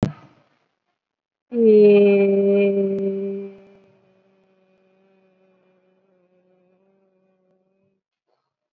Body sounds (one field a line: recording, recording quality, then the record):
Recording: sustained vowel as in beet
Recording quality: excellent, no background noise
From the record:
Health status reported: COVID-19 positive, mild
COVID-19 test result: positive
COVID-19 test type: RT-PCR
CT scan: not taken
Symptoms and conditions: hypertension, diabetes, another condition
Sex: female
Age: 75 years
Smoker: no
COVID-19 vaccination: none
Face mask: worn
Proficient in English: no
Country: India